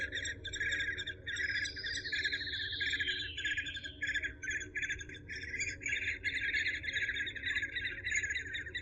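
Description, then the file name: Eurasian hobby chirping calls: rapid bursts of bright, buzzy chirps in steady runs, with a separate higher sweeping twitter weaving through the middle and a low background hum. "suara alap walet"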